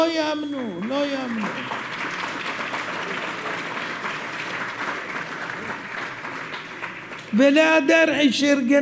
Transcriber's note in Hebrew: מחיאות כפיים